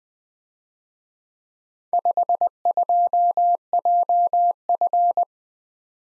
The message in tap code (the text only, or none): none